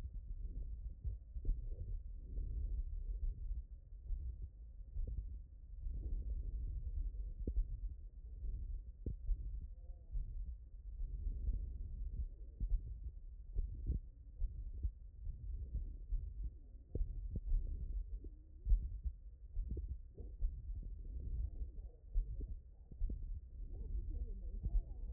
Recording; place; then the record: heart sounds by stethoscope; tricuspid valve (TV)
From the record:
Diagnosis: non-HFrEF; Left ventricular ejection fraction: 69%